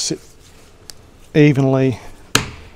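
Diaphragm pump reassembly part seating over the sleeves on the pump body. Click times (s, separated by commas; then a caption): 2.3 s. During reassembly of a diaphragm pump, with the sleeves already seated, a part is pushed evenly over the top of them on the pump body while someone talks. A faint tap comes at 0.9 s, and the part snaps home with a single sharp click at 2.4 s, confirming it is seated.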